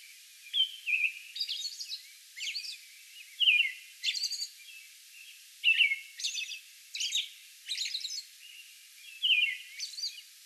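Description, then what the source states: American robin song of whistled carols and high thin squeals delivered in a busy, steady stream. A song bout recorded on May 11.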